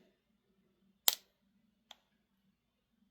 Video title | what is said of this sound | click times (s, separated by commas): How to tell a revolver is out of time | And there it goes. It's locking up. Y'all hear that click. | 1.1 s